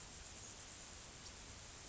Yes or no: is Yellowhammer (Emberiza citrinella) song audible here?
no